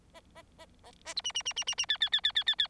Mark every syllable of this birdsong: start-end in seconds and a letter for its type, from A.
0.14-0.20 A, 0.35-0.42 A, 0.58-0.66 A, 0.84-0.91 B, 1.05-1.14 A, 1.16-1.21 C, 1.24-1.32 D, 1.34-1.42 D, 1.45-1.53 D, 1.56-1.64 D, 1.67-1.75 D, 1.77-1.86 D, 1.88-1.98 E, 2.00-2.10 E, 2.12-2.21 E, 2.23-2.32 E, 2.35-2.44 E, 2.46-2.55 E, 2.58-2.67 E